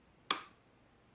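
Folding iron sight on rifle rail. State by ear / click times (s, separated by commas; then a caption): seated / 0.3 s. A metal folding iron sight on the rail of a custom Aero Precision M5E1 rifle flips up and locks into position with a single sharp, bright click at 0.3 s that rings out briefly and fades by about 0.5 s. The sight is seated and locked in place.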